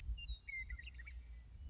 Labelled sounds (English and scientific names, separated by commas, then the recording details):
Western Meadowlark (Sturnella neglecta)
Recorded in Sonoma County, California